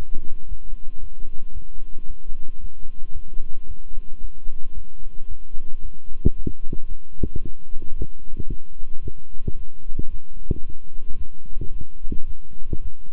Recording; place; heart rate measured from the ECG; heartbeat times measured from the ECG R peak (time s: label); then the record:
heart sounds by stethoscope; between the tricuspid and mitral areas; 112 bpm
0.47 s: heartbeat
0.99 s: heartbeat
1.52 s: heartbeat
2.06 s: heartbeat
2.59 s: heartbeat
3.12 s: heartbeat
3.66 s: heartbeat
4.20 s: heartbeat
4.73 s: heartbeat
5.27 s: heartbeat
5.81 s: heartbeat
6.34 s: heartbeat
6.87 s: heartbeat
7.41 s: heartbeat
7.95 s: heartbeat
8.48 s: heartbeat
9.01 s: heartbeat
9.55 s: heartbeat
10.09 s: heartbeat
10.62 s: heartbeat
11.16 s: heartbeat
11.71 s: heartbeat
12.25 s: heartbeat
12.80 s: heartbeat
From the record:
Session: walking at 3.7 km/h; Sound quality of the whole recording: good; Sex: male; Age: 26 years